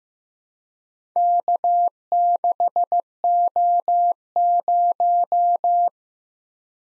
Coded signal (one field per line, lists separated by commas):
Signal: Morse code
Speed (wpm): 15 wpm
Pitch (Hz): 700 Hz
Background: none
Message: K6O0